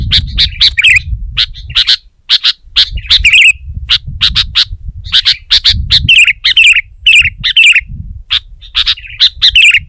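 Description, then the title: Sooty-headed bulbul song: bursts of sharp chirps mixed with short bubbly, wavering phrases, delivered in quick irregular runs over a low rumbling background hum. "kutilang"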